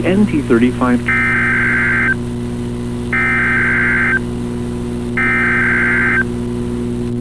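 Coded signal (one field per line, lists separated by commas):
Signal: Emergency Alert System (SAME) tones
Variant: header bursts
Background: speech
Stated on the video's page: Required weekly test on a weather radio station.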